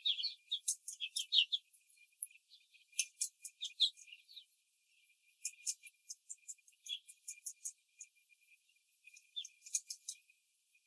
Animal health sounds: young laying hens in a cage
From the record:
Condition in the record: control cage, after the stress test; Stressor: none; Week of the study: 4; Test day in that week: 3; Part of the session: 2

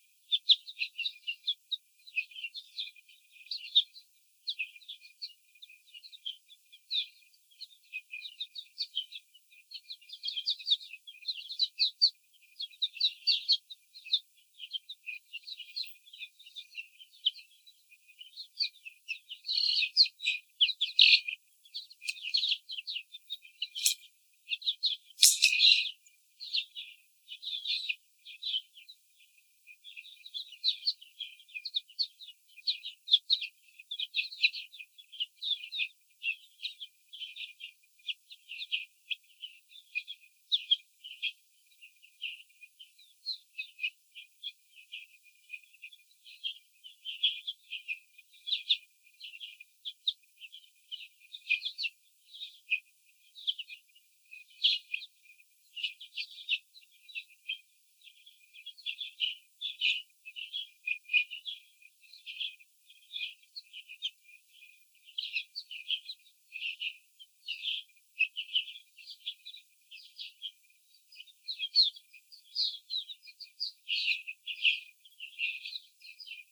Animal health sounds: young laying hens in a cage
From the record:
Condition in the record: after the stressor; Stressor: simulated dog barking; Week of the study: 4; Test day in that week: 2

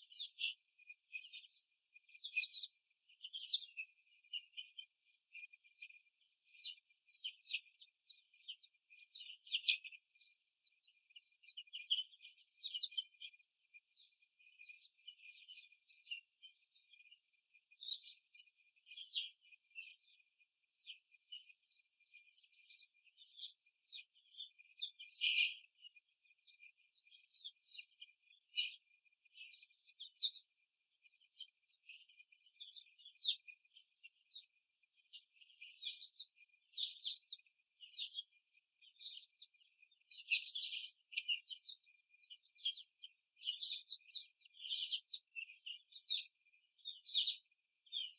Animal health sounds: young laying hens in a cage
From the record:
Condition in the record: before the stressor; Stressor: simulated dog barking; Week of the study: 3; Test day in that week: 1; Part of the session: 4

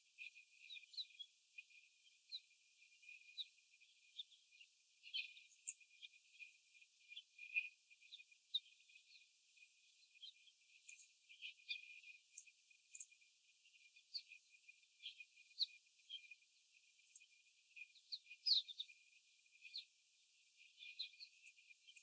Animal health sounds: young laying hens in a cage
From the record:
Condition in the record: after the stressor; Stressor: simulated dog barking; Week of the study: 4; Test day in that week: 3

